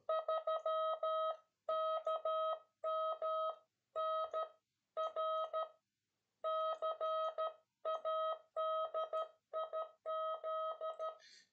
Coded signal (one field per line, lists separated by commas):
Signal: Morse code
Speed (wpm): 12 wpm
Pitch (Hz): 640 Hz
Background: none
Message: 3 KM NR CADIZ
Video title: S2CN - CÓDIGO MORSE 26 - ABREVIATURAS DE SERVICIO